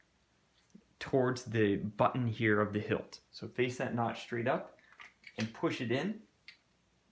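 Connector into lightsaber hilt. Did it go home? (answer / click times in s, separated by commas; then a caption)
yes / 6.5 s. Someone talks while lining up the notch on a connector to face straight up toward the activation button of a One Replicas Qui SS lightsaber hilt, then pushes the connector into the hilt. A short tick-like click comes at 6.5 s, marking the connector seated and inserted correctly.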